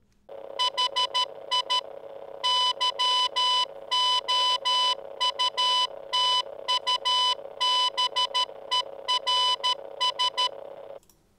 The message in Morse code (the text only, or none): HI YOUTUBERS